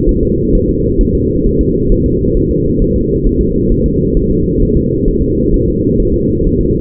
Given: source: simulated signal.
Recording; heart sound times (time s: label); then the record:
fetal heart sounds
0.09 s: S1
0.23 s: S2
0.55 s: S1
0.69 s: S2
1.01 s: S1
1.15 s: S2
1.47 s: S1
1.61 s: S2
1.92 s: S1
2.06 s: S2
2.37 s: S1
2.51 s: S2
2.82 s: S1
2.96 s: S2
3.27 s: S1
3.41 s: S2
3.72 s: S1
3.86 s: S2
4.17 s: S1
4.31 s: S2
4.62 s: S1
4.77 s: S2
5.08 s: S1
5.22 s: S2
5.54 s: S1
5.68 s: S2
6.00 s: S1
6.14 s: S2
6.47 s: S1
6.61 s: S2
From the record:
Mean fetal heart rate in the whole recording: 130 bpm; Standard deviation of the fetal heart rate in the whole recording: 4 bpm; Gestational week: 38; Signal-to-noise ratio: -14.7 dB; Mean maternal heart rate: 72 bpm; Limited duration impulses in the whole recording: present